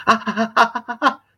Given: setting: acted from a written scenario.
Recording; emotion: vocal sound without words; pain